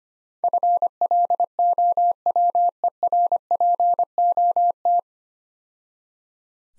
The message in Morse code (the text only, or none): FLOWER POT